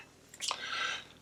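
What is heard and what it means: A small plastic bat hubcap cover is pressed into the center hub of a scale model 1966 Batmobile car wheel. A faint tick at 0.3 s comes just before a sharp snap at 0.5 s as the cover pops into place, followed by a soft rustle. The cover seats in the wheel.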